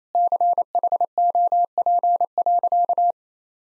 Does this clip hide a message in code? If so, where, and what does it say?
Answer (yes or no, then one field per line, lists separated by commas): yes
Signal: Morse code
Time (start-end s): 0.1-3.1 s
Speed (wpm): 28 wpm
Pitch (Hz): 700 Hz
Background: none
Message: CHOP.